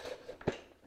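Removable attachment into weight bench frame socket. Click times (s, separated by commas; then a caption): 0.4 s, 0.5 s. A removable attachment is popped back into its socket on the frame of a FLYBIRD adjustable weight bench with leg extension and curl machine. Two short hits sound at 0.4 s and 0.5 s, the second louder. The attachment ends up seated in its socket.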